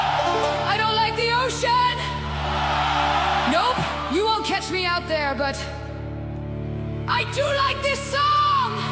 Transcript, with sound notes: I DON'T LIKE THE OCEAN
NOPE, [screaming] YOU WON'T CATCH ME OUT
THERE, BUT
I DO LIKE THIS SONG